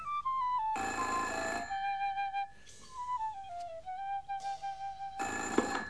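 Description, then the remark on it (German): A telephone bell rings in repeated loud, buzzing bursts, with short gaps between them, over a steady background of sustained, gliding musical tones. “Da erlöste sie das Telefon aus ihren Träumereien.”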